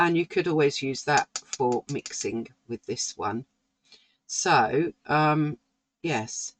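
Someone talks while handling a small travel watercolour palette, with its lid about to close onto the palette body. Only speech is heard, with short pauses between phrases. The lid has not yet snapped shut, so nothing has seated or clicked.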